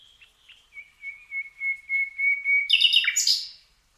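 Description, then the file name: Common nightingale song: a series of pure whistled notes on one pitch that swell steadily louder, ending in a harsh, buzzy burst. "Luscinia megarhynchos"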